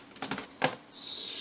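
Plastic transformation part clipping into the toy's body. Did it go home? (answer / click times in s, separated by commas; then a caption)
yes / 0.6 s. During transformation of a Generations Thrilling 30 Voyager Class Sandstorm robot toy, a plastic part is pushed through a narrow passage with a few quick plastic ticks and rubs between 0.2 and 0.4 seconds. It clips firmly into place with a sharp click at 0.6 seconds, followed by a steady high-pitched hiss from about 0.9 seconds onward.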